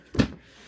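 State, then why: Seated. A lock on a MERIABNY hard-shell carrying case for a Switch 2 game console is closed by hand. A single sharp snap is heard at 0.2 s, and the lock latches shut in place.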